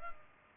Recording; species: mosquito wingbeat signal from an infrared sensor; Culex pipiens